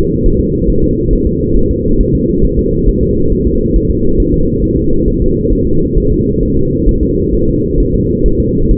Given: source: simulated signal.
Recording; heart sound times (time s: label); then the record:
fetal heart sounds
0.26 s: S1
0.40 s: S2
0.70 s: S1
0.84 s: S2
1.13 s: S1
1.27 s: S2
1.57 s: S1
1.71 s: S2
2.00 s: S1
2.15 s: S2
2.44 s: S1
2.59 s: S2
2.89 s: S1
3.03 s: S2
3.32 s: S1
3.47 s: S2
3.76 s: S1
3.90 s: S2
4.20 s: S1
4.34 s: S2
4.64 s: S1
4.78 s: S2
5.08 s: S1
5.22 s: S2
5.53 s: S1
5.67 s: S2
5.98 s: S1
6.12 s: S2
6.43 s: S1
6.57 s: S2
6.89 s: S1
7.03 s: S2
7.34 s: S1
7.48 s: S2
7.80 s: S1
7.94 s: S2
8.26 s: S1
8.40 s: S2
8.71 s: S1
From the record:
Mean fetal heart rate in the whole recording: 135 bpm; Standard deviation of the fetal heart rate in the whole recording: 3 bpm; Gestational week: 36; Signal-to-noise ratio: -16.4 dB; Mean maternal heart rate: 72 bpm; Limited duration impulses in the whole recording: present